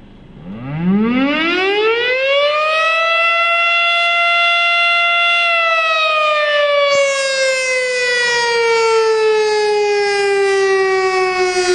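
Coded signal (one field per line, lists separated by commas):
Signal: siren signal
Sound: siren winds up over a second, holds a steady loud wail, then slowly drops in pitch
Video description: This is the Monday noon test of our local fire station's siren.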